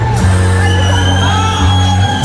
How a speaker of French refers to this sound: Et on entend des gens qui huent qui dans siffle, le public, ouais. Qui sifflent. Qui sifflent.